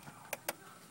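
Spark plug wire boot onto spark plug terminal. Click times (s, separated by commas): 0.3 s, 0.5 s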